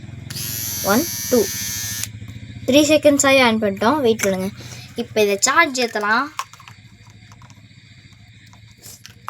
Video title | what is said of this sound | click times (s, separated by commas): Georgeta Portable Eyebrow Trimmer... Reviews ...#trimmer #review | guys இது மாட்ட மாட்டேங்குது. | none